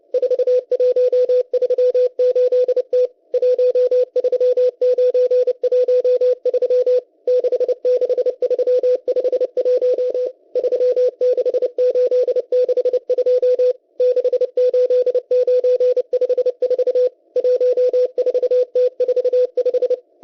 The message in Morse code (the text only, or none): 4138T 13913 66351 36862 68954 14T45